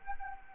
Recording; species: mosquito wingbeat signal from an infrared sensor; Anopheles arabiensis